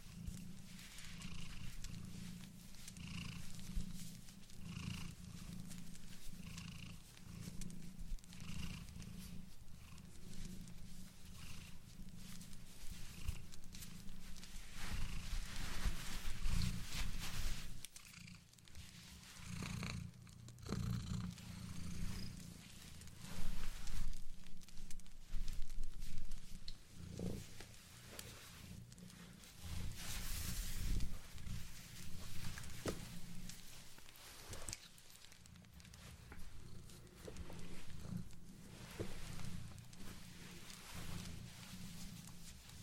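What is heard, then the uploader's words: Soft knitting sounds: a steady run of small clicks and rustles of yarn and blanket fabric over a constant low hum. The handling grows louder and busier around the middle, with a few sharper taps, then settles back. ASMR Blanket Knitting To Put You To Sleep No Talking.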